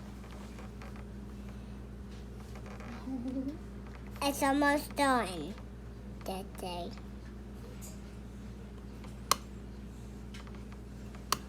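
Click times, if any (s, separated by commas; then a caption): 9.3 s, 11.3 s. Plastic toy train track pieces are pushed together during set-up, each piece popping into place in the adjoining track piece. Someone talks over a low steady hum. Two sharp, loud pops at 9.3 s and 11.3 s mark the joints seating.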